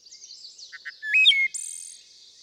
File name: Wood Thrush